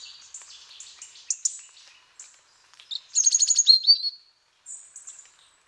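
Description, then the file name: European robin high thin chirps and twittering notes, scattered at first, then a fast rapid burst of repeated ticking notes near the middle, followed by a brief high phrase. "Erithacus rubecula"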